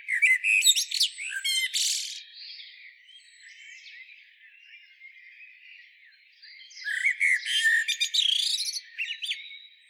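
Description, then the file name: Common blackbird singing two phrases: a fluted opening with high, buzzy twitters, a quiet pause of several seconds, then another warbled phrase ending in thin squeaky notes. "Turdus merula"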